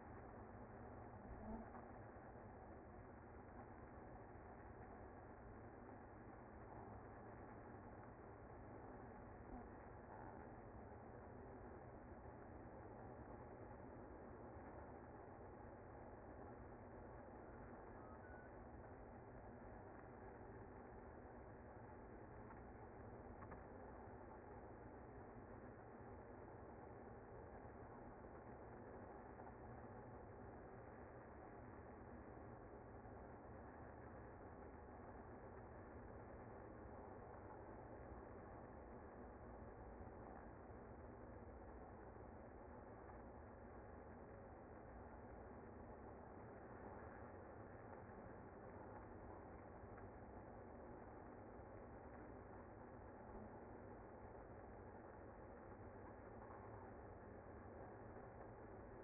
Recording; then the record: honeybee colony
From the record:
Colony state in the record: active